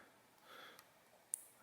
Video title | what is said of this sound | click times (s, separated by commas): How to add LED Lights in a RTT! (GFC Superlite) | hear that click okay that's the first side so now i'll just do the same thing here | 1.3 s